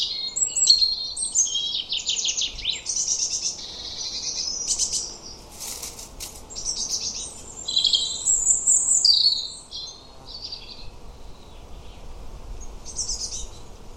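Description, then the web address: European robin song with varied high warbling phrases and sweet trills, separated by short gaps; a brief noisy burst breaks in midway. "Deverinetal 2025 File origin Bird Only Er Ru"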